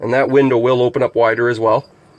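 Someone talks while the acrylic window of a 2017 Northern Lite 10'2 EX CD SE 4 Season truck camper is handled to be pushed open wider on its hold-open stay. The voice fills most of the clip and then gives way to faint low background noise. Nothing has seated or clicked yet.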